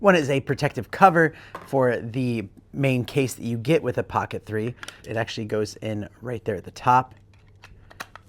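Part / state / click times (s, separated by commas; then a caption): protective flip cover into camera carrying case / seated / 8.0 s. Someone talks while a small BRDRC protective flip cover is pushed into the top of the main carrying case for a Pocket 3 pocket gimbal camera. A few faint ticks follow at the end of the talking, then a sharp click at 8.0 s as the cover snaps into place and seats.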